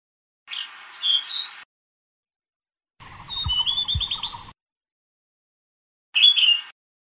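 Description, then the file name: Blue-throated flycatcher singing bright twittering phrases, a longer trilled series in the middle with faint low knocks, bracketed by brief chirpy bursts and silence. "kicau sikatan blue throated. omkicau"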